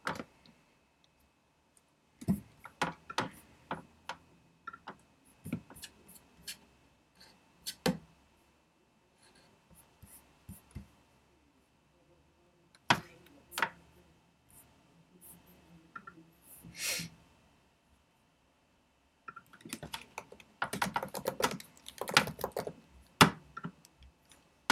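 Studying with a pencil and a computer: sharp clicks and taps land irregularly over a faint steady hiss, with short scratchy strokes of pencil writing around 13 and 17 seconds. Near the end, from about 19 seconds, a dense burst of rapid keyboard typing takes over.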